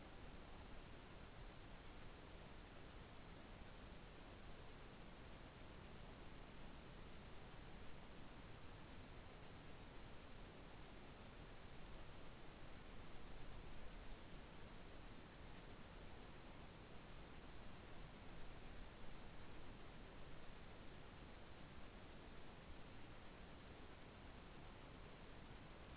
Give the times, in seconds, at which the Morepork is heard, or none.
none